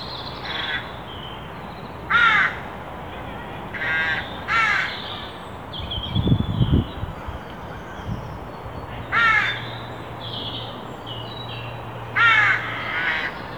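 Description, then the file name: Carrion crow giving scattered harsh caws, singly and in pairs with long gaps, plus a brief low thumping noise in the middle and a faint hum. "Corvus corone"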